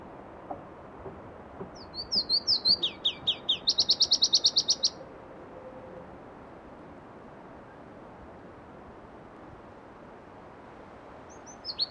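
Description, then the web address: Pallas's leaf warbler song, one high phrase of quick slurred notes ending in a fast even trill, followed by quiet and a brief start of another. Listvyanka, 25 June 2012. "June 25 2012 Phproregulus Listvyanka"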